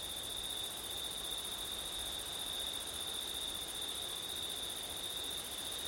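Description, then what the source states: Crickets: steady shrill trilling continues without a break in one high chorus, with soft wind in the background. Crickets on a windy September night; ORTF stereo.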